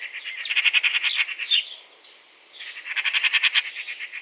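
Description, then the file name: Eurasian magpie giving harsh rattling chatter in two bursts, each a quick run of grating, clipped notes separated by a short quiet gap. "Pica pica"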